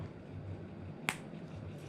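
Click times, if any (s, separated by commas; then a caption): 1.1 s. A slotted plastic paddle arm is pushed with some force into a slotted paddle hub, windmill-style pieces meant to clip together. Over a low steady background hum, a single loud, sharp snap is heard at 1.1 seconds as the arm seats firmly in place.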